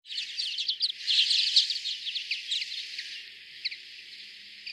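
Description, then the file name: European greenfinch twittering calls, a dense run of rapid, overlapping high chirps and trills that is loudest in the first three seconds, then thins to scattered notes. "Chloris chloris"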